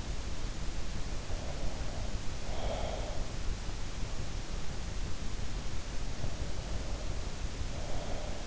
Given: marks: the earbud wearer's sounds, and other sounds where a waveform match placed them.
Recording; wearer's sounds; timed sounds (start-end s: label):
sounds in sleep by an in-ear microphone; breath
1.20-3.45 s: breath
6.12-8.47 s: breath